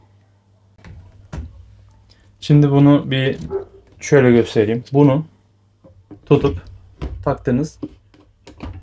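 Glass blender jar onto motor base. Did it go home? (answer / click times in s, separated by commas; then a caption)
yes / 8.5 s. A glass Philips blender jar is placed on its motor base and twisted until it locks in place, so it won't come out. Someone talks throughout, with a few light knocks early on, and the jar locks with a click at 8.5 s.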